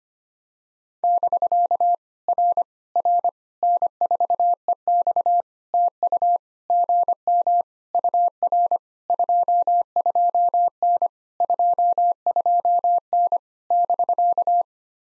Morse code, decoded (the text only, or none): <BK> R R N4EX TU GM UR 22N 22N <BK>